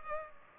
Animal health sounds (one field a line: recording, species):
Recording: mosquito wingbeat signal from an infrared sensor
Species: Culex pipiens